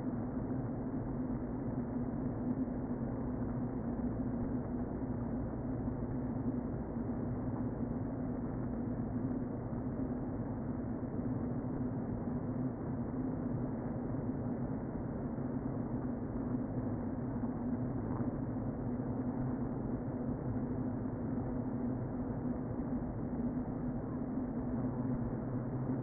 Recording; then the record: honeybee colony, microphone inside the hive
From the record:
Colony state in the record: queen present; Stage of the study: before two queens were removed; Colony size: about 60,000 bees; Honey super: yes